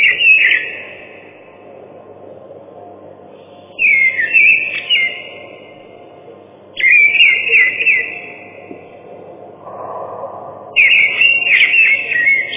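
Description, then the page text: Ring ouzel song: short phrases repeated every three to four seconds with quiet gaps between. Song said to resemble 'tak-tak' and 'tryu-tryu'. "Дрозд белозобый (Turdus torquatus)"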